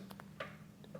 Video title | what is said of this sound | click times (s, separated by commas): PUR Water Filter - How to Replace Filter | until it locks and it's locked into place it will not come out | 0.4 s